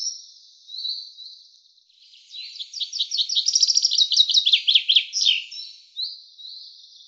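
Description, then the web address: Common chaffinch song: after faint high whistles, a rapid trill that ends in an emphatic flourish, followed by more thin whistled notes. "Deverinetal 2025 File cleaned normalized Bird Fr Co"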